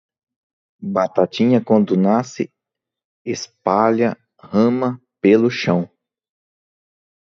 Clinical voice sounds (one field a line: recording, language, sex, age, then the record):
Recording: short text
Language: Brazilian Portuguese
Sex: male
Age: 40 to 49 years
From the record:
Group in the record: control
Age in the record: 42 years